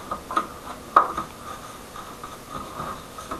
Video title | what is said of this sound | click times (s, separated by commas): Perakitan Komputer/PC | bunyi klek sudah masuk | 1.0 s